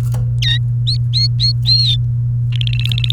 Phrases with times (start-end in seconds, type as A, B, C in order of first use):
0.42-0.57 A, 0.87-1.96 B, 2.52-3.12 C